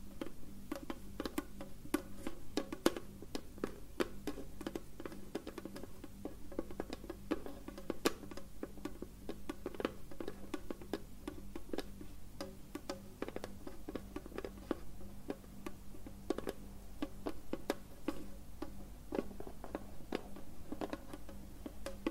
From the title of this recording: Whispered Nail Tapping